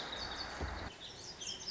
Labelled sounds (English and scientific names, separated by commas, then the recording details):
Lazuli Bunting (Passerina amoena)
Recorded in Sonoma County, California